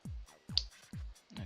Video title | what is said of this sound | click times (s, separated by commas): JonnyBuilds...Optimus Prime!!! Episode 29! 8 PM EST June 14th, 2022! | that clicked in i don't think it goes any further that | 0.6 s